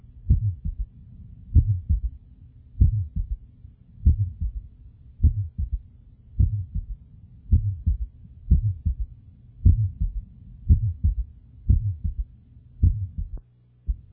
Innocent murmur and S3.